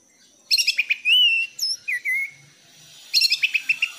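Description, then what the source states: Thrush song: bursts of high chirps, a long sliding whistle, short dipping whistles, then another rapid chirping burst after a pause. Cage-bird song tutoring recording (masteran); bird described as gacor teler.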